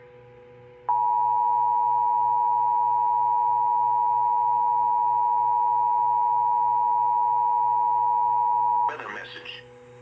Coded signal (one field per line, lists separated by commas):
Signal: Emergency Alert System (SAME) tones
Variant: 853 and 960 Hz attention tone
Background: speech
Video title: EAS 7939-7956 EAS Alerts from 5/15/2025-5/17/2025 Pt. 2/3